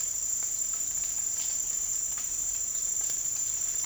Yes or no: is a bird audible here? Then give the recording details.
no. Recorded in dense forest near Puerto Asís, Putumayo, Colombia, on 12 March 2025 at 10:00. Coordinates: 0.484, -76.317. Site G064